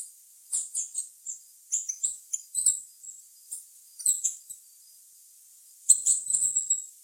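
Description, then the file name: Green-and-gold tanager: thin, high squeaky twitters of a green-and-gold tanager, scattered singly and in small runs, ending with a denser burst. "canto da saira ouro"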